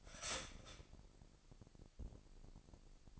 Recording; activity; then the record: daily activity, microphone in the room; start toaster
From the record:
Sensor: 5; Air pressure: 1007.3 hPa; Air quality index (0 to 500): 129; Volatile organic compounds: 2 ppm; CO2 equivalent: 978 ppm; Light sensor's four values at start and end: 25/56/23/23 and 25/57/23/23